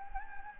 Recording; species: mosquito wingbeat signal from an infrared sensor; Anopheles gambiae